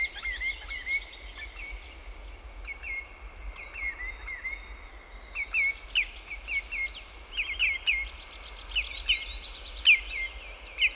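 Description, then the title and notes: Common Greenshank calls: clear whistled notes in quick series, becoming busier toward the end, over constant low background noise. "Valkoviklo. Pertti Koskimies"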